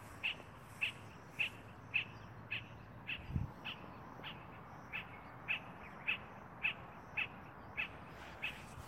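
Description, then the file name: Spot-flanked barbet repeating short clipped notes about twice a second, briefly fading midway, with a single low thump near the middle. "Tricholaema lacrymosa - Spot-flanked Barbet"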